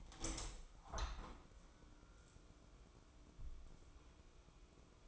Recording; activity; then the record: daily activity, microphone in the room; open window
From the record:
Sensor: 1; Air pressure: 1000.4 hPa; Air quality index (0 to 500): 183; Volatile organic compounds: 4 ppm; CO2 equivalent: 1684 ppm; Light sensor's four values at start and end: 10/24/10/11 and 11/26/10/12